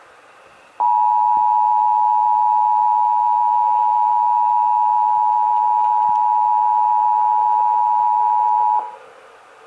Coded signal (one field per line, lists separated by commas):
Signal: Emergency Alert System (SAME) tones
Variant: 853 and 960 Hz attention tone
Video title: (EAS #1,018-1,024) April 2026 Texas Required Monthly Test